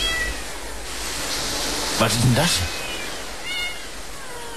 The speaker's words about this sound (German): Löwe. Kleiner Löwe vielleicht. Das ist ein kleiner Löwe. Ja, aber ich sag mal, Vorsicht, da kann ja die Mutter nicht weit sein.